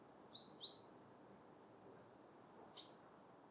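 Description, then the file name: Great tit giving two brief bursts of thin, high notes, the first of three notes, the second of two, with faint background hiss. "Parus major"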